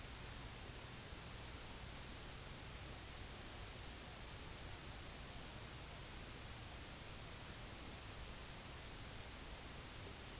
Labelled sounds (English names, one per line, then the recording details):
none
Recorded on Arctic tundra, site IGLO-A, on 24 June 2018
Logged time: 23:59